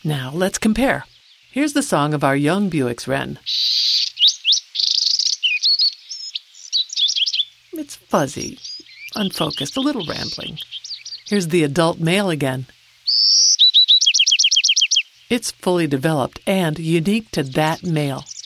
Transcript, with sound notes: Now let’s compare: Here’s the song of our young Bewick’s Wren: [Song of young male Bewick’s Wren] It’s fuzzy, unfocused, a little rambling. Here’s the adult male again: It’s fully developed and unique to that male.